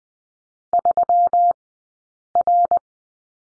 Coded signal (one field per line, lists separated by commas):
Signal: Morse code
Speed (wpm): 20 wpm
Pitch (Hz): 700 Hz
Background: none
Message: 3R